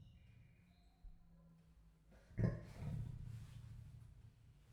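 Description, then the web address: Leopard giving a single low, coarse grunt midway, trailing into a rougher breathy rumble before fading into quiet. Male leopard at Jászberény Zoo, 2016. "allathangok jaszberenyizoo 2016 leopard himallat"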